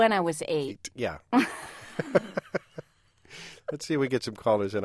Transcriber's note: soundbite of laughter